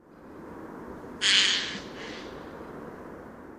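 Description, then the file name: Eurasian jay giving one harsh, rasping screech lasting about half a second, over a steady rushing background noise. "Garrulus glandarius"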